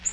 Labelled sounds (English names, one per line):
Nashville Warbler flight call